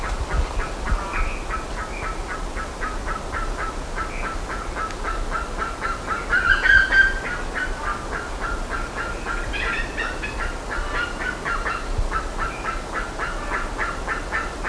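Birds calling in a steady flock chorus of short repeated honk-like notes, with a louder burst of harsher, higher calls around the middle and low background rumble.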